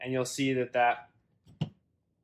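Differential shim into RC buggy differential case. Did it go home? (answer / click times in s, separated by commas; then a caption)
yes / 1.6 s. Someone talks while using needle-nose pliers or a similar tool to push a plastic differential shim down into a Tekno 2.0 RC buggy differential case. A short, sharp snap is heard at 1.6 s. The shim is then seated flat on the bottom of the case.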